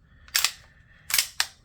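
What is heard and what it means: During reassembly of a Springfield Armory Prodigy DS 1911 pistol with a 5-inch barrel, the slide stop and detent area is wiggled and pushed against the metal frame, producing a cluster of sharp metallic clicks and snaps. Main clicks land at about 0.4 s and 1.4 s, after which the part sits seated flush with the side of the frame.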